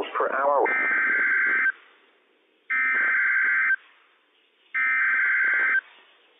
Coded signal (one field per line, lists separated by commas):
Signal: Emergency Alert System (SAME) tones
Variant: header bursts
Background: speech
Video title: Avalanche Warning - WWF56 - EAS #57 - 7:09 PM PST 2/21/21